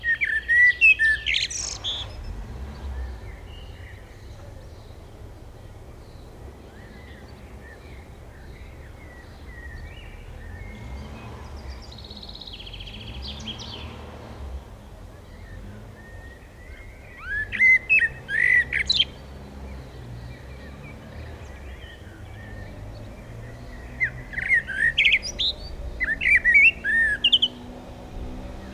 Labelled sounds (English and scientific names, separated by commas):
Common Blackbird (Turdus merula) song